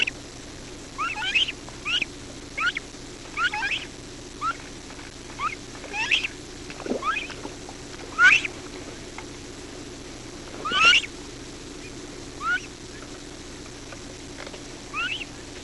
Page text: Рогатая лысуха (Fulica cornuta)